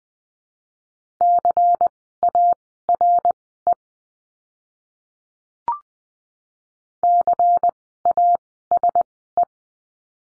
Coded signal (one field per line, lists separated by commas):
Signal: Morse code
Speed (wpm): 20 wpm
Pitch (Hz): 700 Hz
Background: none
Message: CARE CASE